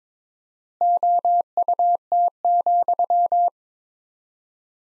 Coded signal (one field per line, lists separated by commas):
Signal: Morse code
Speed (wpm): 22 wpm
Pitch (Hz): 700 Hz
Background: none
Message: OUT,